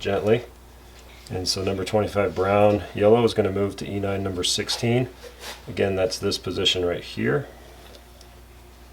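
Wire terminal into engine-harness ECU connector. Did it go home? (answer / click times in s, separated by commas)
yes / 7.9 s, 8.2 s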